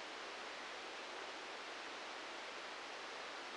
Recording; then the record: brain microelectrode recording played as sound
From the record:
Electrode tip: outside the subthalamic nucleus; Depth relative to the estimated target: 3 mm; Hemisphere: right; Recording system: NeuroSet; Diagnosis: Parkinson's disease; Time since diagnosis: 19 years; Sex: female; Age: 69 years